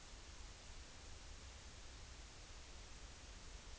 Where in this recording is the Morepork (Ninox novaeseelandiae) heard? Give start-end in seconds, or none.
none